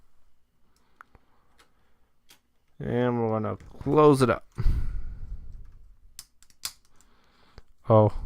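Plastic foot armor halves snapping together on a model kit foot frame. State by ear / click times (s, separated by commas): seated / 6.2 s, 6.6 s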